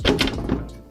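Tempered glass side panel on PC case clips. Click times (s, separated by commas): 0.1 s, 0.2 s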